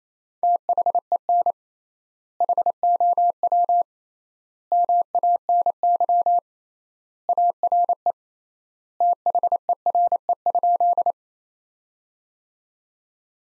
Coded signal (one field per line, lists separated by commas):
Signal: Morse code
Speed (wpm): 28 wpm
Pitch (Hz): 700 Hz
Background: none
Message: THEN HOW MANY ARE THERE?